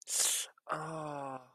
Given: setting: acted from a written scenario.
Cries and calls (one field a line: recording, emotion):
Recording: vocal sound without words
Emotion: sympathy